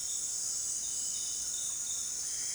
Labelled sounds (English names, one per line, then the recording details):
none
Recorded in dense forest near Puerto Asís, Putumayo, Colombia, on 19 February 2024 at 18:00
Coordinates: 0.466, -76.327
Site G6413